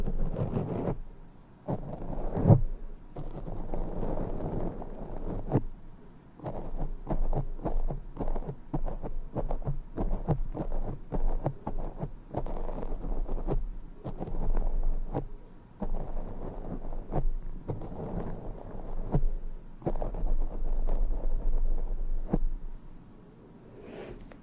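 Steady, dense brushing strokes sweep across a microphone with no talking, a soft scratchy rustle that swells and fades in repeated passes. The strokes run continuously, with brief sharp clicks near the start and a low constant hum underneath throughout.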